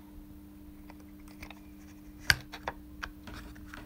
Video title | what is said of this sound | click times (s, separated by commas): Переделка реле поворотов Suzuki DENSO FE249JR (Redesign of the Suzuki turn signal relay for LED) | раз щелчок щелчок такой | 2.3 s, 3.0 s